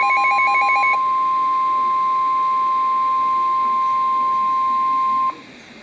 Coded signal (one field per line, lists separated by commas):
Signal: Emergency Alert System (SAME) tones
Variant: 1050 Hz attention tone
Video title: Severe Thunderstorm Warning (EAS #628)